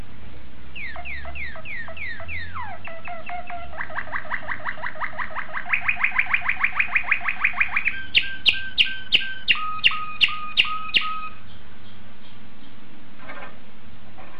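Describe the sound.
Domestic canary song: a run of down-swept notes, rolling trills rising in pitch, then a quick series of sharp high chips; low hum behind.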